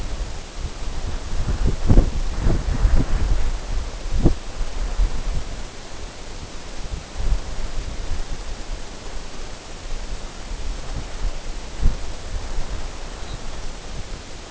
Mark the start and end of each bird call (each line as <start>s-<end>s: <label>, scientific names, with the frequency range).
13.16s-13.44s: Calcarius lapponicus (3.4-4.7 kHz)